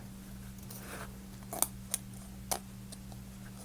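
A piece of a Rolife Garden House book nook model is pushed again into its middle slot after a failed first attempt, over a steady low hum. Sharp snaps sound at 1.6, 1.9 and 2.5 seconds as the piece seats in place.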